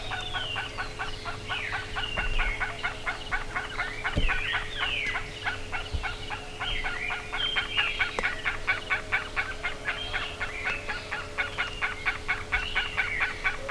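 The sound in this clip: Bird calling in a dense, rapid series of rasping notes, with several whistled swoops above them, a steady hum and a few low thumps.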